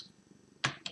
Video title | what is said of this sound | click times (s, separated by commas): Vite Fait' : Temple of Airjitzu [Français] | comme ça je mets le point en fait le point en fait un peu s'accroche pas vraiment comme vous pvez voir c'est | 0.6 s